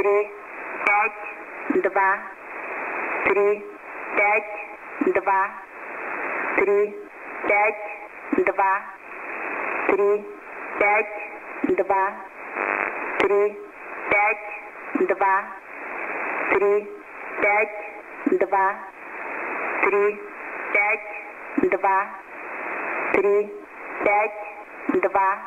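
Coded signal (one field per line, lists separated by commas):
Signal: numbers station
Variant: S06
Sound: a voice reading short words about every 1.3 seconds, with radio hiss between them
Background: radio static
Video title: Numbers Station 9 135 Khz S06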